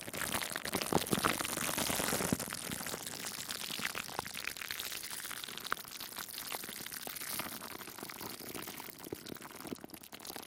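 Plastic wrap crinkles and rustles continuously, a dense, bright crackle that stays busy from start to finish. Sharp little snaps and pops break through irregularly, a few per second, with a slightly louder stretch in the first two seconds before it settles and fades slightly at the end.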